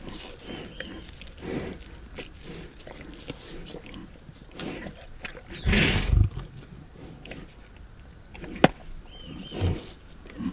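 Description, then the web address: Lion with a deep roar burst midway and a shorter low grunt near the end. "big cats|lions"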